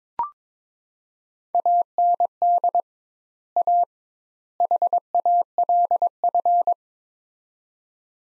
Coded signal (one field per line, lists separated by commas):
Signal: Morse code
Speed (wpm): 22 wpm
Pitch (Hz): 700 Hz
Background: none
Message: AND A HALF